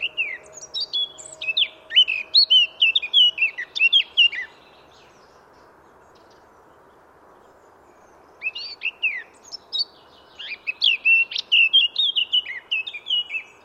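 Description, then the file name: Eurasian blackcap delivering two song bursts about four seconds apart, each a rapid mix of chattering notes and clear fluty whistles. "Sylvia atricapilla"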